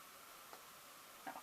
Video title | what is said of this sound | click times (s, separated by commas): ZeroRaptor Builds - Gipsy Danger - Part 2 | there we go i heard of clunk all right and then i've got | 1.3 s